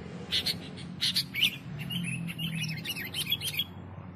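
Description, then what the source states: Sooty-headed bulbul song of quick, bright chirps and short rising notes, delivered in uneven bursts over a steady low background rumble. Song for training songbirds to copy (masteran).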